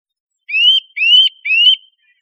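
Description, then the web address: Eurasian Nuthatch calls: three clear rising whistled notes, each about a third of a second, given in quick succession with short gaps. "birdify. sitta europaea"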